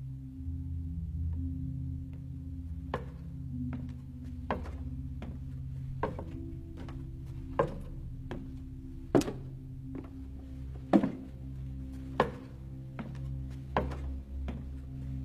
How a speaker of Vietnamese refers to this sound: Sau đó gã từ từ từng bước đi đến. Những bước chân phát ra tiếng động nặng nề, rin rít, như thể từng bước đi không đều, không trơn tru như những người bình thường. Tiếng bước chân giáng lên trên sàn gỗ ghê rợn.